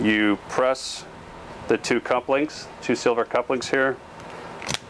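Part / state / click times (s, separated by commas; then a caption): pad hose coupling into cold therapy unit tubing connector / seated / 4.7 s. Someone talks while pressing the two silver release buttons on the hose coupling of a Breg Polar Care Cube cold therapy unit and pushing the plastic halves of the pad hose into the unit's tubing connector. A sharp click is heard at 4.7 s as the coupling seats into place.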